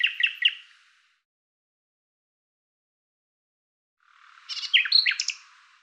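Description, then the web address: Common Nightingale song in two short phrases: a few quick sharp notes, a long silence, then a dense jumble of chirps and whistles. "Deverinetal 2025"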